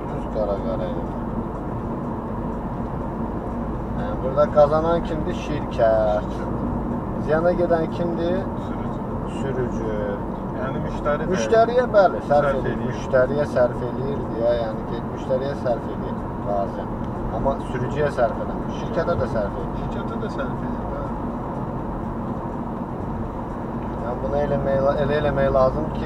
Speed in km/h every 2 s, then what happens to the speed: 60, 61, 62, 62, 62, 60, 59, 59, 59, 60, 59, 60, 62.
0-26 steady at about 60.